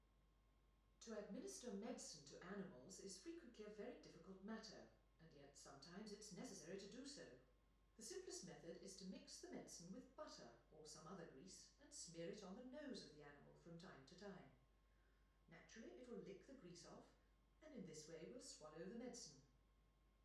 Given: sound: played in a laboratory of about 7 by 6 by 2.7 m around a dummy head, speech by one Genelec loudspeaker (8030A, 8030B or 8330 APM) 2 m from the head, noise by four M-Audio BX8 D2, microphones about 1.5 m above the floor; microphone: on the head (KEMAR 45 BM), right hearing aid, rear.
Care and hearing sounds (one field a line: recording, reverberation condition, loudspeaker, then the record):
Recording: female speech in English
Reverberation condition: medium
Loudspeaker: 120 degrees to the left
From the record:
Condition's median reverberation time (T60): about 510 ms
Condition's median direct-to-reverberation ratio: about -0.5 dB